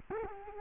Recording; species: mosquito wingbeat signal from an infrared sensor; Culex quinquefasciatus